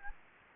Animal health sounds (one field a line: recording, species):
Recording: mosquito wingbeat signal from an infrared sensor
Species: Anopheles gambiae